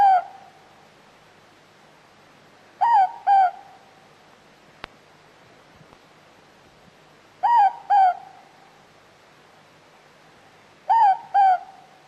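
Morepork repeating its double-noted hoot, a higher note then a lower one, every few seconds, with a brief click between calls.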